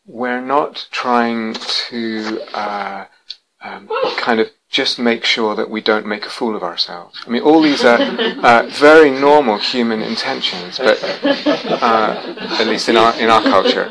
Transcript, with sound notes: We're not trying to kind of just make sure that we don't make a fool of ourselves. [laughter] I mean, all these are very normal human intentions, at least in our culture.